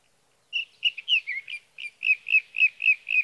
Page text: Sage thrasher songs, through the night. from the evening of June 12 to the morning of June 15, 2018, in Sierra Valley, California